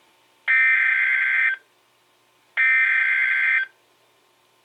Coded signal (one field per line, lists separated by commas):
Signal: Emergency Alert System (SAME) tones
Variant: header bursts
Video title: TORNADO WARNING (EAS Alert #990)